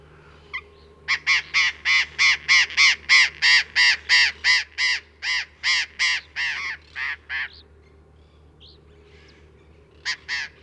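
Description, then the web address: Burrowing parrot loud grating screeches repeated steadily about three per second for six seconds, then silence and a final pair. "parrots cyanoliseus-patagonus"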